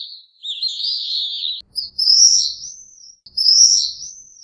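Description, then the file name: Swift screaming calls: three drawn-out, shrill, buzzy screams with brief gaps between them. "vencejo"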